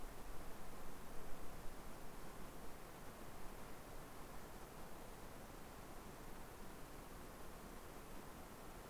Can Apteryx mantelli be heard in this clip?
no